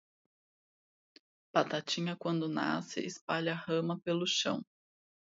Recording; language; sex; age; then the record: short text; Brazilian Portuguese; female; 30 to 39 years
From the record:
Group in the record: control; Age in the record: 36 years